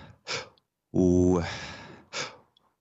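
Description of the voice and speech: An adult male speaker who has a stammer demonstrates a costal breathing speech technique for stammering, used to take control of a sound: a long voiced sound that gradually fades into breath, between short breathy bursts.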